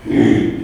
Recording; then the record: squeal of a Yucatan mini pig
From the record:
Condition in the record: after surgery on the right vocal fold (resection and tissue-engineered implant); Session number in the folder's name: 4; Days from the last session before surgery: 42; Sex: male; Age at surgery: 12 weeks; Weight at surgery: 13 kg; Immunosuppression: cyclosporine, prednisolone